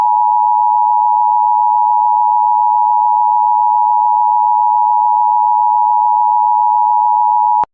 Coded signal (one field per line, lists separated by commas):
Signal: Emergency Alert System (SAME) tones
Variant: 853 and 960 Hz attention tone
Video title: EAS 211 - LAE for Skagit River Evacuation